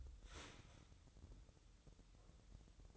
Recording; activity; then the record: daily activity, microphone in the room; start toaster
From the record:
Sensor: 3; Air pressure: 988.6 hPa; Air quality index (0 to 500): 196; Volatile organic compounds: 317 ppm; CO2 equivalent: 4518 ppm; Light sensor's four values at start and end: 23/72/30/26 and 23/72/30/26